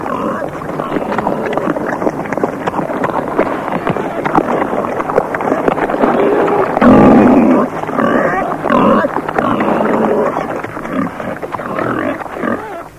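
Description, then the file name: Pig grunts and rough squeals heard steadily throughout, dense and overlapping, with a louder harsh burst around the middle. "prase"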